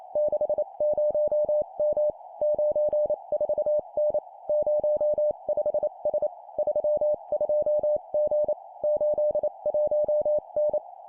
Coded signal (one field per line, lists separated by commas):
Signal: Morse code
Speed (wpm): 28 wpm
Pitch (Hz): 600 Hz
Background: none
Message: 60M 94N 05S 32G 81N